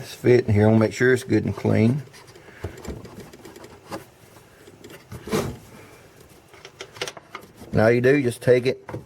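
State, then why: Not seated. On a 2000 Dodge Ram 1500 getting a new radiator, someone talks while cleaning and lining up a cooler line quick-connect fitting on the new radiator's metal/plastic port, with a few short handling taps between about 6.6 and 7.4 seconds. The fitting has not been pushed home yet, and nothing has snapped or seated.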